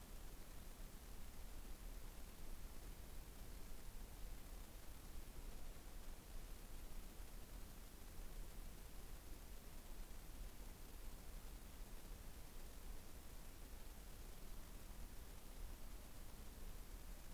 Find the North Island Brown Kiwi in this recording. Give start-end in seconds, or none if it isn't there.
none